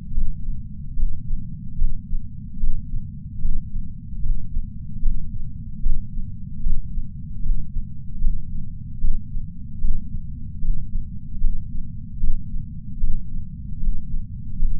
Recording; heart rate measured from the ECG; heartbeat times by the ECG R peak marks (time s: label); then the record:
heart sounds by patch sensor on the chest; 75 bpm
0.15 s: heartbeat
0.97 s: heartbeat
1.79 s: heartbeat
2.61 s: heartbeat
3.42 s: heartbeat
4.23 s: heartbeat
5.03 s: heartbeat
5.83 s: heartbeat
6.64 s: heartbeat
7.43 s: heartbeat
8.22 s: heartbeat
9.02 s: heartbeat
9.82 s: heartbeat
10.62 s: heartbeat
11.41 s: heartbeat
12.21 s: heartbeat
13.01 s: heartbeat
13.81 s: heartbeat
14.60 s: heartbeat
From the record:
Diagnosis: coronary artery disease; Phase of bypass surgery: postoperative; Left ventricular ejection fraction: 43.8%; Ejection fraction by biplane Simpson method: 45%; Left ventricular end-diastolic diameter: 59 mm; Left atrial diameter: 36 mm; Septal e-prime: 6.9 cm/s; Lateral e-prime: 6.4 cm/s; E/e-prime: 9.2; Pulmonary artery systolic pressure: 22 mmHg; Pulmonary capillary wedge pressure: 19 mmHg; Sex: male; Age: 57 years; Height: 183 cm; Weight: 85 kg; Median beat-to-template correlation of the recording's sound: 0.89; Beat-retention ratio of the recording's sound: 0.99